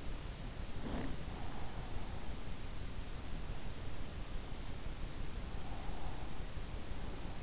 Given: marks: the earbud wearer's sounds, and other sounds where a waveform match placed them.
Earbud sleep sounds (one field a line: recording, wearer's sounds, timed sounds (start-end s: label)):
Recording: sounds in sleep by an in-ear microphone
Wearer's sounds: breath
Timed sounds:
0.35-1.72 s: breath
5.67-6.75 s: breath